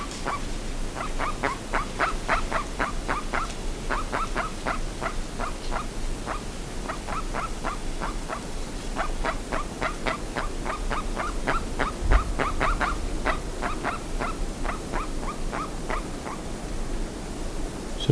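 Bird calls, long runs of rapid notes with brief gaps, stopping near the end, over constant low noise.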